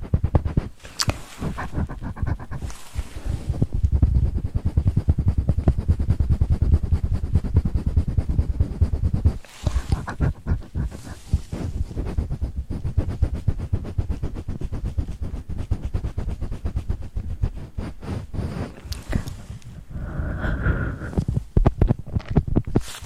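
Mouth sounds and handling of a mic: dense, rapid crackling taps and rubbing thumps, heavy in the low end, run almost continuously. Brief breathy bursts rise near 1, 9.5, 11 and 19 seconds, with a short whistling tone around 21 seconds.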